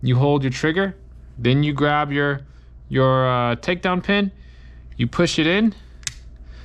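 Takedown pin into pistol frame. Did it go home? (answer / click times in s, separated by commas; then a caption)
partly / 6.1 s. While someone talks, a new takedown pin is pushed into the frame of a Springfield Hellcat pistol with the trigger held. A single sharp click is heard at 6.1 s as the pin makes its first click. It is only partly seated and still needs another push to sit flush.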